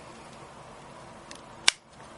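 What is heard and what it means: A plastic battery cover is slid back onto a Contour HD 1080p helmet/goggle action camera body after the battery has been locked in. Against a quiet background, two faint ticks at about 1.3 s lead up to one sharp, loud click at 1.7 s as the cover seats shut.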